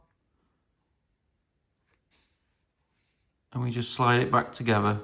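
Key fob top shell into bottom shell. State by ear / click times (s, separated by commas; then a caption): not seated / none. The top half of the plastic shell of a Vauxhall/Opel Corsa, Meriva, Combo or Agila key fob is picked up and lined up over the bottom shell during a battery replacement, before the two halves are slid back together. The clip stays nearly silent for about 3.5 seconds, with only a faint handling sound near 1.9–2.2 seconds, then someone talks. Nothing has clicked or seated yet.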